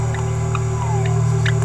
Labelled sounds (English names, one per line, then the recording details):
Green-rumped Parrotlet babbling
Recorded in a nest box in Venezuela
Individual 18B17A4